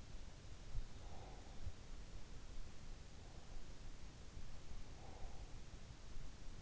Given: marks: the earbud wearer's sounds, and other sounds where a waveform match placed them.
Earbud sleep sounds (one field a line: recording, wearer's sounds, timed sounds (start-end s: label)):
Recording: sounds in sleep by an in-ear microphone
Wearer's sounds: breath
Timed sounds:
0.85-2.07 s: breath
4.50-5.79 s: breath